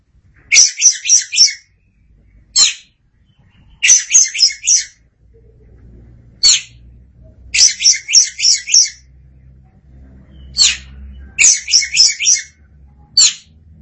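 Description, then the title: Oriental magpie-robin delivering repeated quick bursts of four or five buzzy, scratchy high notes, separated by single calls; low rumble underneath. "Suara Kicauan Burung Kacer Durasi Panjang"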